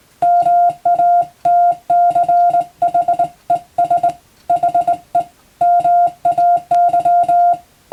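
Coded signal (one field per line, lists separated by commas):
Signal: Morse code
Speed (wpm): 20 wpm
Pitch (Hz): 700 Hz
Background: music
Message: MATCHES HE MAY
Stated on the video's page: Morse reception practice using telegram practice texts for radio operator training, also for amateur radio receiving practice.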